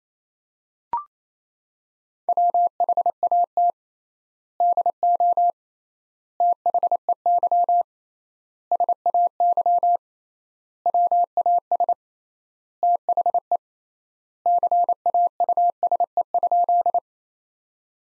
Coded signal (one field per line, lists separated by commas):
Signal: Morse code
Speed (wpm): 27 wpm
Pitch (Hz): 700 Hz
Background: none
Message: WHAT DO THEY SAY WAS THE CAUSE?